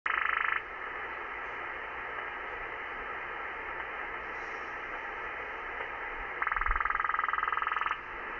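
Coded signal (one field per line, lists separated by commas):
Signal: radar signal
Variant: over-the-horizon radar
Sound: two bursts of rapid buzzing pulses, about 20 per second, like a croak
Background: radio static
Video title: Over The Horizon Radar August 14th, 2016 at 07:20 UTC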